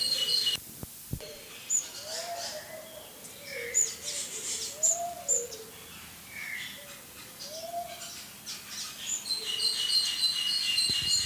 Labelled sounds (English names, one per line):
Namaqua Dove song